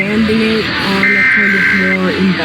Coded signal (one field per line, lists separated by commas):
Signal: Emergency Alert System (SAME) tones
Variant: header bursts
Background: speech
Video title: Pennsylvania, Indiana and Kentucky Monthly Tests (EAS #352-364) 4/17-18/24